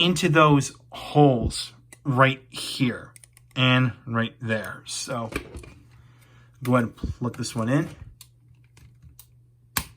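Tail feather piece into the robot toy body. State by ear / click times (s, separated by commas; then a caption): seated / 9.8 s. Someone talks while a split plastic tail-feather piece is plugged into a hole on a plastic robot toy body. After a few small ticks around 8.2 to 9.2 s, a sharp click at 9.8 s marks the piece snapping into place.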